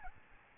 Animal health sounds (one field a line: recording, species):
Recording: mosquito wingbeat signal from an infrared sensor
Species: Aedes albopictus